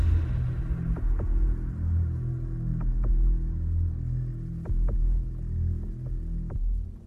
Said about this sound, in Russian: Отдаленный гром, приглушенный, но мощный настолько, что все вокруг сотрясалось. Или рычание зверя, загнанного в ловушку и обессиленного на последнем издыхании.